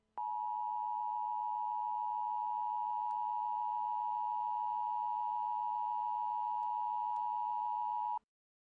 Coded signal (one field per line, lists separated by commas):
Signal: Emergency Alert System (SAME) tones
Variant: 853 and 960 Hz attention tone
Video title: EAS Scenario - Red Death